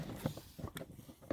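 A plastic dome or map light lens cover for a 2019-2021 Toyota RAV4 is handled against the overhead console housing after a new LED bulb has been fitted. Soft scattered taps, rustles and light plastic contact sounds are heard, with a brief sharper knock near the end. The cover has not clicked or seated into the console yet.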